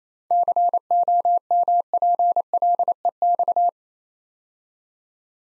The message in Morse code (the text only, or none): COMPLEX